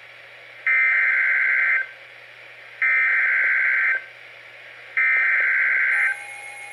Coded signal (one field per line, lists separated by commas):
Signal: Emergency Alert System (SAME) tones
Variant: header bursts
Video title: EAS #830-831 (DOUBLE-HEADER) NOAA Weather Radios (WR-300/WR-400) 2 PHI FLW's 7/9/23 9:51 PM EDT